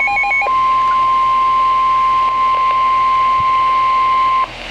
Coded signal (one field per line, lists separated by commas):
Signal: Emergency Alert System (SAME) tones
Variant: 1050 Hz attention tone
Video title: Special Marine Warning (EAS #800)